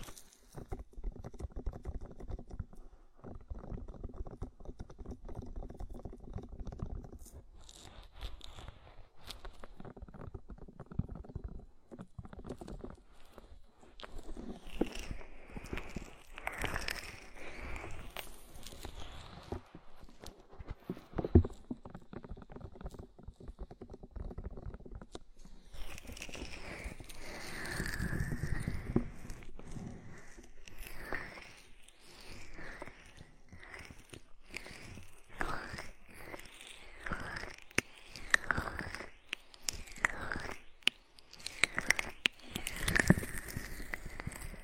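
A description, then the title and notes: Body oil massage and a bubble bath: soft wet rubbing, squishing and slippery hand strokes come in rapid, irregular bursts. For the first ten seconds the sounds are low and muffled. After that they turn brighter and splashier, with dense sloshing and smacking to the end. Body oil massage and bubble bath.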